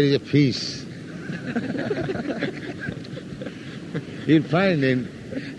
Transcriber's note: laughter